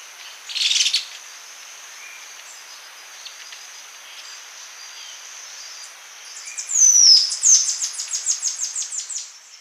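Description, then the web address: Montane woodcreeper song: a brief noisy burst early on, then after a quiet spell a fast series of high, sharp notes that trails off. Ecuador. "Birds of Ecuador. Montane Woodcreeper"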